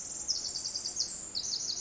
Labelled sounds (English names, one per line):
Pacific Wren